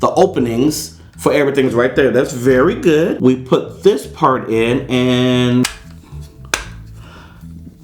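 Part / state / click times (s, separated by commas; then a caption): single-board computer into plastic case / seated / 6.5 s. A single-board computer is pushed into its plastic case while someone talks. A sharp, loud snap at 6.5 s shows the board part has seated in the case.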